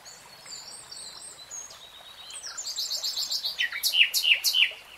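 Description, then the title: Nightingale starting with soft, thin whistles that build into louder, rapidly repeated notes and sharp slurred chirps. Nightingale singing, recorded in real time. "[Tiếng chim hót] Nightingale Singing"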